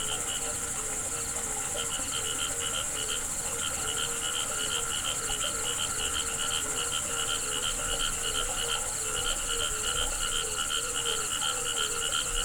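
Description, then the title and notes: Frogs call in a steady, unbroken run of short pulsed notes, while crickets keep up a continuous high trill. Frogs calling with crickets at a pond on the Hajnice stream near Ústí, Czechia. "Ústí, Czechia - žáby a cvrčci Hajnice. žáby a cvrčci u hodní tůně na potoce Hajnice"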